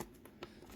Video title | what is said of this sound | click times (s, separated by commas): Avis sur la Xbox Core Controller - Carbon Black | and it doesn't click in right. | 0.3 s, 0.4 s